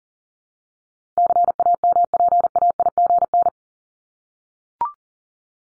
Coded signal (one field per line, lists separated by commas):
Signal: Morse code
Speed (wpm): 40 wpm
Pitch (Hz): 700 Hz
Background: none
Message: CAMPAIGN